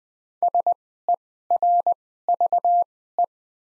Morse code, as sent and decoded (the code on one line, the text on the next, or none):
... . .-. ...- .
SERVE